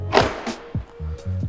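A glass HEPA filter and its cover are pushed into the housing of a Dyson TP06 Pure Cool Cryptomic tower fan purifier, with a sharp click at 0.2 s. Music plays in the background, and the filter cover is seated.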